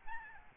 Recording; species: mosquito wingbeat signal from an infrared sensor; Aedes albopictus